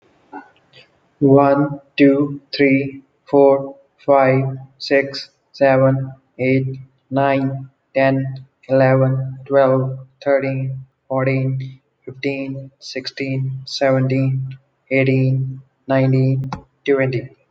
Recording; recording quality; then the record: counting at a normal pace; excellent, no background noise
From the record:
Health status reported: healthy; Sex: male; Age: 28 years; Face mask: not worn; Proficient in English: yes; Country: India